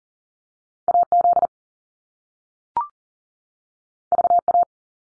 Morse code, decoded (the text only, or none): AZ VA